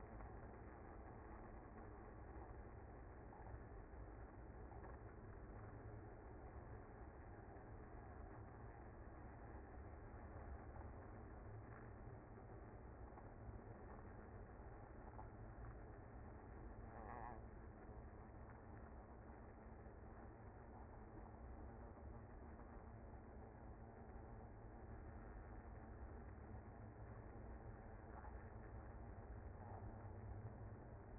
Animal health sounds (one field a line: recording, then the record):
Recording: honeybee colony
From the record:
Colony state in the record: active